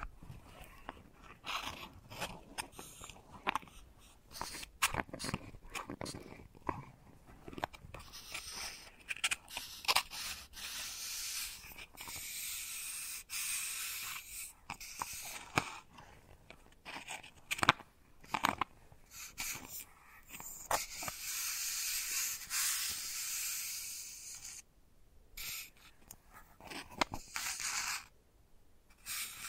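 Wooden balls click, roll and rattle close to the microphone in a dense, uneven stream of small bright taps. Short gaps break the texture, with a few near-silent pauses around the twenty-five second mark, and there is almost no low rumble beneath.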